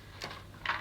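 A clipped-on plastic hard-floor nozzle is unclipped from the cleaner head of a Rug Doctor FlexClean carpet and floor washer, removed because hard floors are not being cleaned yet. Two light clicks are heard at 0.2 s and 0.7 s, the second one louder, as the nozzle releases from the washer head.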